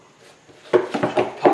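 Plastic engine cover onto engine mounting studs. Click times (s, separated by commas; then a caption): 0.7 s, 1.5 s. A plastic engine cover on a Mazda 3, being refitted after repair work for engine codes P2004 and P2009, is lined up over its mounting studs and pressed down onto the rubber grommets. After a quiet start, sharp pops ring out at 0.7 s and 1.5 s, with smaller knocks around 0.9 s and 1.0 s between them. The cover is seated in place on its mounts.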